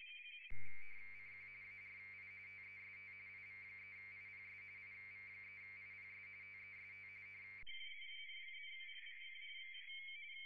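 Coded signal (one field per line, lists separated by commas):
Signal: RTTY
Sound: rapid warbling two-tone chatter, mixed with a loud buzzing harmonic hum for several seconds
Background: low hum, possible music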